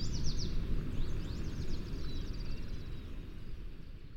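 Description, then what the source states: Songbird song, a quick series of high descending chirps and short trills, soft beneath a constant low rumbling background. Recorded at Glacier Bay.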